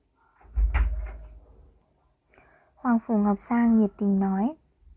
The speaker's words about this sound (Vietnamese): Cửa đá đóng lại